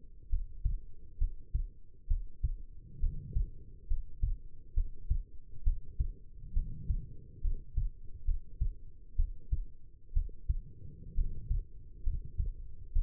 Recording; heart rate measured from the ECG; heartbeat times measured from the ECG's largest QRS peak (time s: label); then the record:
heart sounds by stethoscope; 66 bpm
0.29 s: heartbeat
1.18 s: heartbeat
2.07 s: heartbeat
2.99 s: heartbeat
3.87 s: heartbeat
4.74 s: heartbeat
5.63 s: heartbeat
6.53 s: heartbeat
7.41 s: heartbeat
8.24 s: heartbeat
9.15 s: heartbeat
10.13 s: heartbeat
11.14 s: heartbeat
12.03 s: heartbeat
12.92 s: heartbeat
From the record:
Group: healthy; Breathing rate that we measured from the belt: 16 breaths a minute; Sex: female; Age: 22 years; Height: 171 cm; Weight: 65.6 kg